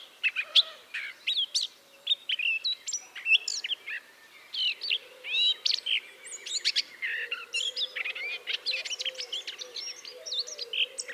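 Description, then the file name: Eurasian blackcap song, busy scratchy warbling in quick bursts of varied notes. "Sylvia atricapilla"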